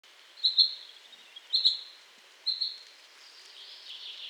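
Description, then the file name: Common chaffinch call notes: three sharp, high double notes spaced roughly a second apart, followed by a softer high hiss. "Fringilla coelebs"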